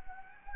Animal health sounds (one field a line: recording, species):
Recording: mosquito wingbeat signal from an infrared sensor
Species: Anopheles gambiae